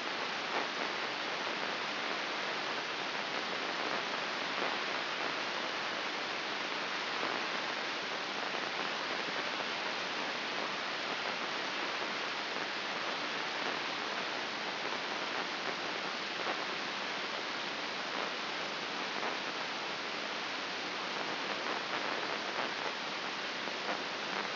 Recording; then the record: brain microelectrode recording played as sound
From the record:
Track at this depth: outside the subthalamic nucleus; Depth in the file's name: 4.821 mm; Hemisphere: left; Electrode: 2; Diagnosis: Parkinson's disease